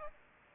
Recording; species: mosquito wingbeat signal from an infrared sensor; Aedes aegypti